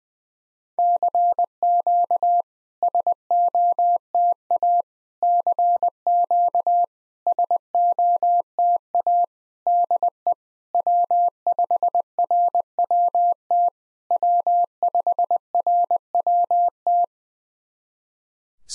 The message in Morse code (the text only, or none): CQ SOTA CQ SOTA DE W5RWT W5RWT